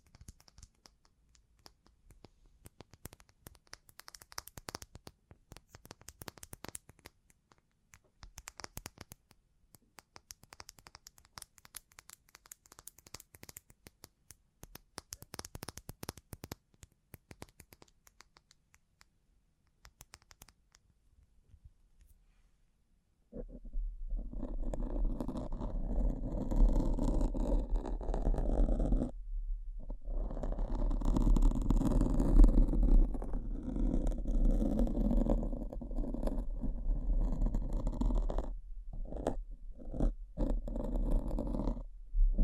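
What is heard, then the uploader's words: Bling triggers: sparse, quiet clicks and taps for about twenty-three seconds, then louder, steady low scratching and rustling with a dull rumble underneath. ASMR Sleep Inducing Bling Bling Triggers (No Talking).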